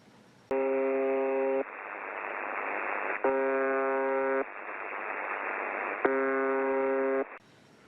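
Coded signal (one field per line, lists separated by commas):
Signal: channel marker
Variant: UVB-76 (The Buzzer)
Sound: three harsh low buzzes, each about a second, separated by pauses of steady hiss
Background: radio static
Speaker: many fans call it the buzzer because of its short buzzing noise it operates on the frequency 4625 kilohertz why don't you take listen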